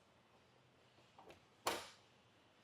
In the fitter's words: once you hear that click in place then make sure you just put in that secondary pin that we pulled out earlier